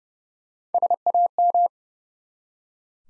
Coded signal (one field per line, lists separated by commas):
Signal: Morse code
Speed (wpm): 30 wpm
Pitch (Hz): 700 Hz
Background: none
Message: SAM